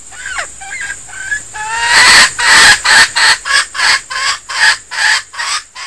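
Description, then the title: Junglefowl hen giving a cackling call: a few soft notes, then a loud run of harsh clucks about three per second, over a steady high whine. Female junglefowl; described as a denak (decoy) junglefowl. "Suara Ayam Hutan Betina. SUARA DENAK AYAM HUTAN"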